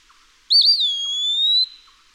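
Eastern wood-pewee song: one clear whistled phrase, a wavering start followed by a long, slightly rising slurred note lasting about a second.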